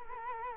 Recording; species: mosquito wingbeat signal from an infrared sensor; Culex quinquefasciatus